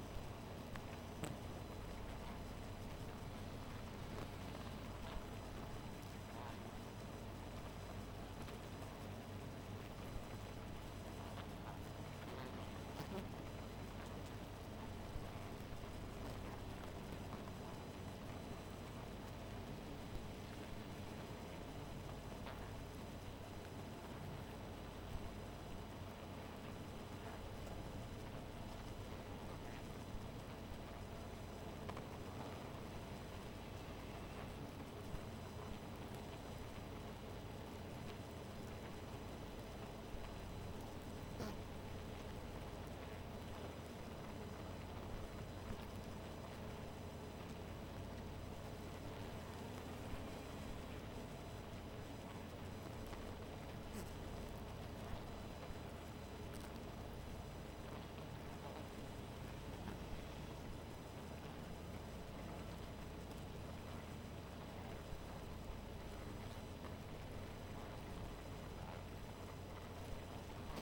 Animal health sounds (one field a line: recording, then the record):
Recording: honeybee colony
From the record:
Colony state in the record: missing queen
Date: 14 July 2017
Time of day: 2:13